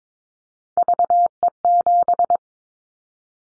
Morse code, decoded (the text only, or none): VE7